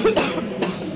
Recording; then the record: coughing mixed with background sound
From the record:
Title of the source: 61 morning phlegmy cough...again